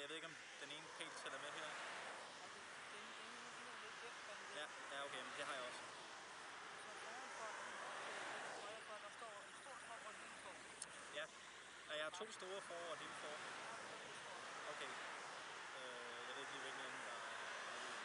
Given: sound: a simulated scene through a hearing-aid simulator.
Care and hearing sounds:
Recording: conversation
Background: traffic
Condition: -4 dB SNR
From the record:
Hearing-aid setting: II (fast-acting compression, audibility-based gain, advanced features for about 2.5 dB of SNR improvement)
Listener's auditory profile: D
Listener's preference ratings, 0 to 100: 9, 10, 10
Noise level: 75 dB SPL

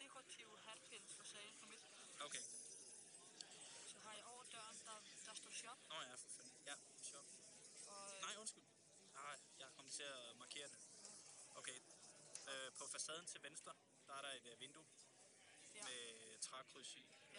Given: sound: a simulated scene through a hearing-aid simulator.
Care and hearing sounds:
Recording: conversation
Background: cafeteria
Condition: +4 dB SNR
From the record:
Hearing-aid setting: III (slow-acting compression, loudness normalization, advanced features for about 2.5 dB of SNR improvement)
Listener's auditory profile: C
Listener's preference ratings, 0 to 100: 67, 78, 61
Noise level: 65 dB SPL

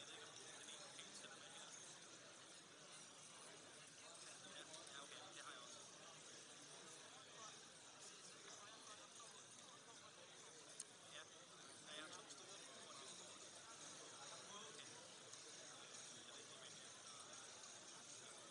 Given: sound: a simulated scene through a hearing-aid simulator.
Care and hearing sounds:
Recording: conversation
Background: cafeteria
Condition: -6 dB SNR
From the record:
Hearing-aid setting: anchor resembling a broken hearing aid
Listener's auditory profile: D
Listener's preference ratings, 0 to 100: 2, 3, 2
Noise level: 65 dB SPL

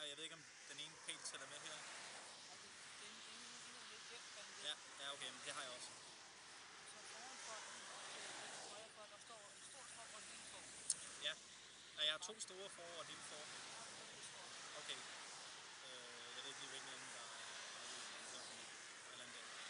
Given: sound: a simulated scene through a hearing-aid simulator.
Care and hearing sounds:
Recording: conversation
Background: traffic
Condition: -4 dB SNR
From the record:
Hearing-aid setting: standard clinical setting (NAL)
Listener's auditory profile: B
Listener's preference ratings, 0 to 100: 44, 30, 56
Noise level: 75 dB SPL

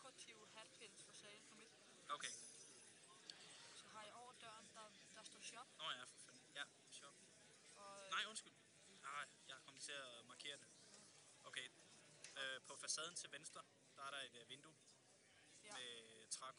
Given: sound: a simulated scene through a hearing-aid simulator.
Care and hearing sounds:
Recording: conversation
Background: cafeteria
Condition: +4 dB SNR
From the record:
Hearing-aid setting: standard clinical setting (NAL)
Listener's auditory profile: A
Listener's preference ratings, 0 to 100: 90, 69, 44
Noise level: 65 dB SPL

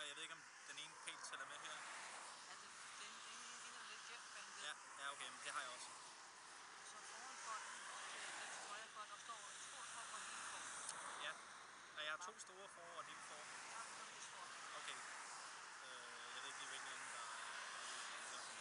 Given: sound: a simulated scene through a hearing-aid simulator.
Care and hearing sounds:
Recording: conversation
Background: traffic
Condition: -4 dB SNR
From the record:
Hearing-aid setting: IV (slow-acting compression, loudness normalization)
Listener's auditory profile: C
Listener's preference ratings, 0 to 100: 0, 29, 43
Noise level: 75 dB SPL

